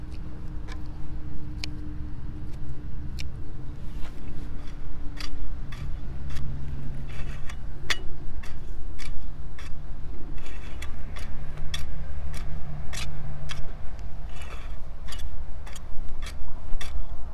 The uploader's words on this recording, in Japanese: 残暑の午前中 人参中耕と除草。32℃\\23 ℃/晴れのち曇り。クワで通路の草を取り払い、ハサミで人参の近くに生えた大きめの草を切り、さらに草抑えと土の中に空気を送るため軽くスジ蒔きした人参の列の間を耕します(中耕)。